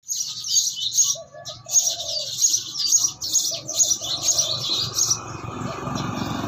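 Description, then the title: Sparrows chirping in quick, high, scratchy bursts for about five seconds, with low rustling and handling noise underneath and a steady hiss at the end. Sparrows fighting each other, filmed with a mobile phone. "Battle Of Sparrows"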